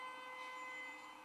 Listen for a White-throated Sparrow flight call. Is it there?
no